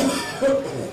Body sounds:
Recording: coughing mixed with background sound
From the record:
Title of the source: Residual Phlegmy Morning Coughing and Gagging

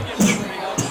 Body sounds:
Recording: coughing mixed with background sound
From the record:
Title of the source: Spring Cold Coughing.

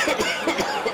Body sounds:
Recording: coughing mixed with background sound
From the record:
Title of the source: Dry Afternoon Cough

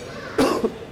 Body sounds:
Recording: coughing mixed with background sound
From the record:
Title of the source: Coughing 77

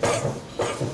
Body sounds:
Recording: coughing mixed with background sound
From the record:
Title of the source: Cough Around the Clock!

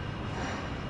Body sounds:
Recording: background sound without coughing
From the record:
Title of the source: 30 MINUTES Construction Site Ambience (CC BY 4.0)

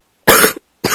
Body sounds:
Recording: coughing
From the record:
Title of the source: 30 Chesty and wet cough

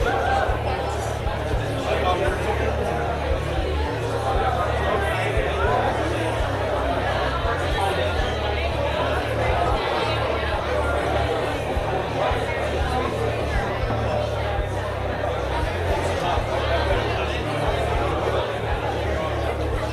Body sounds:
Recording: background sound without coughing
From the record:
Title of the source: CITY SOUNDS Busy Bar in the Evening Night - 2 HOURS of Ambiance for Relaxation

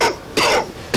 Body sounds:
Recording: coughing mixed with background sound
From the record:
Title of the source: Coughing 60

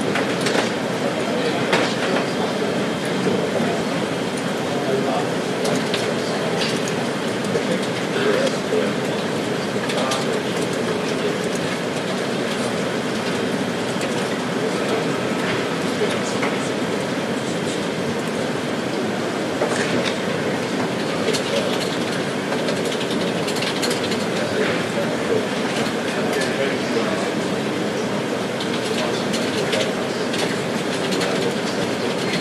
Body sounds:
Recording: background sound without coughing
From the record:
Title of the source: Office Sounds Ambience - Background Noise for Study and Work

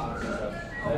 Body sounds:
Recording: background sound without coughing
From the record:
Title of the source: 60 minutes of coffee shop sounds for study and concentration

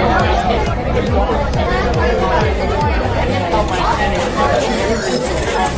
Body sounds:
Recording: background sound without coughing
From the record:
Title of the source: Nightlife Party Simulating Party Club Noise 1 Hour

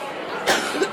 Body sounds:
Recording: coughing mixed with background sound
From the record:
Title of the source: 64 coughing, allergies, singing lungs

